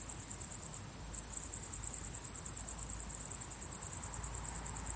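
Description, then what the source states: Cricket chirping with fast, high pulses, softening slightly around one second before carrying on evenly. At sunset.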